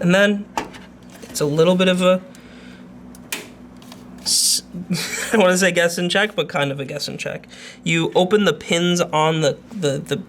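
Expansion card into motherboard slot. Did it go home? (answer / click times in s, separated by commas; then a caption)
yes / 3.3 s. An expansion card is pushed into a motherboard slot after its small retaining latch is opened, and a sharp hit sounds at 3.3 s as the card locks into place. Someone talks before and after, and a tug afterward confirms the card is seated solidly.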